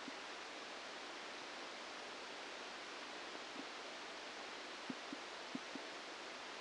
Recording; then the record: brain microelectrode recording played as sound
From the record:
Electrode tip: outside the subthalamic nucleus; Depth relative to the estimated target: -6 mm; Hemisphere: right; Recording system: NeuroSet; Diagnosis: Parkinson's disease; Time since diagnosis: 9 years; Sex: female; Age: 51 years